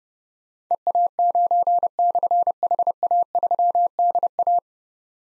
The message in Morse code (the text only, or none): EA9/HA3DA